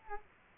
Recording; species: mosquito wingbeat signal from an infrared sensor; Culex quinquefasciatus